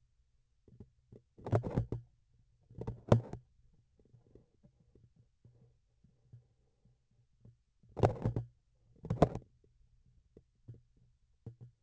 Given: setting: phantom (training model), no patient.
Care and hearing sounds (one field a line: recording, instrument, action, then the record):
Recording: laparoscopic instrument, vibration sensor on the handle end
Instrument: grasping forceps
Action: opening and closing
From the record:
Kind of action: tool actuation without material contact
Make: other than Olympus